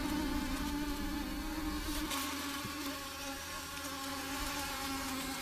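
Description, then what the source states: Mosquito whine, a high continuous buzzing with steady stacked tones, slightly louder at the start and then even. Described as a shrill sound.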